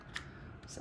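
A memory card is pushed all the way into the card slot of a Holter recorder, where a small lever pops out once the card is in. A single short, sharp click sounds at 0.2 s against a low, steady background. The card is seated.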